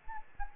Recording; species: mosquito wingbeat signal from an infrared sensor; Anopheles gambiae